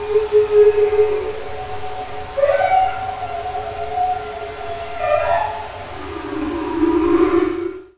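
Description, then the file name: Humpback whale song: long tonal moans with rich harmonics, some steady, some sliding upward, then a lower drawn-out groan near the end. "Humpback NOAA"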